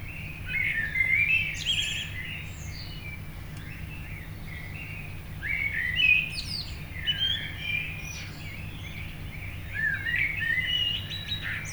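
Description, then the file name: Common blackbird delivering separate fluty warbling phrases with squeaky high endings, pausing between them, over steady low-pitched background noise. "Turdus merula"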